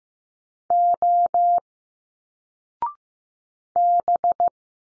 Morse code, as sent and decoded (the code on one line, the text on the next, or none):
--- / -...
O B